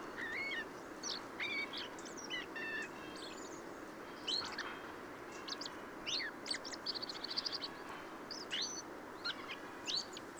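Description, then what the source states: Bird subsong made of assorted whistles, slurred chirps and quick trills in loose, irregular phrases over faint background hiss. Subsong from a bird in its first winter.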